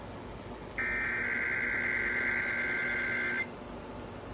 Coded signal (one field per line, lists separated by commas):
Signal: Emergency Alert System (SAME) tones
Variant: header bursts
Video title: EAS- Finally, A Proper Monthly! (6/25/25)